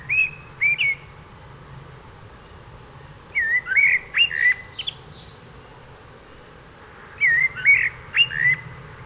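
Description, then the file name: Common blackbird song in three short phrases of fluty, slurred whistles, with a few high squeaky notes mixed in. "Turdus merula"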